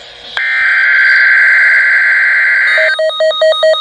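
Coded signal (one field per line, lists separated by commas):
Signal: Emergency Alert System (SAME) tones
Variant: header bursts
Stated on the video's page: Child Abduction Emergency relayed by the National Weather Service; the story was made up.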